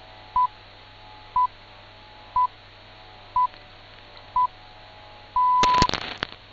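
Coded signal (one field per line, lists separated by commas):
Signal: radio time signal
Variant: time pips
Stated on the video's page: BBC Radio 4 broadcast on 198 kHz longwave at 1600 GMT.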